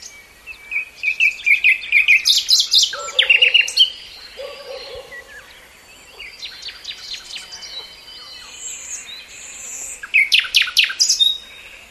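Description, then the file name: Common nightingale song, rich phrases of sharp whistles, rapid clicking notes and trills, with pauses between bursts and a few lower buzzy notes. "Luscinia megarhynchos"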